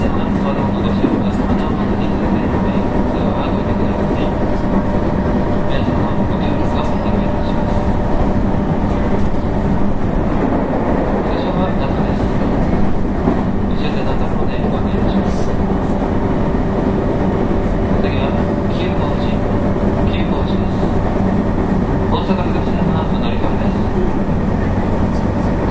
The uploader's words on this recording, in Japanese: JR221系 大和路快速 大阪から久宝寺まで。JR西日本221系電車の走行音です。大阪環状線から大和路線への直通列車、大和路快速で収録しました。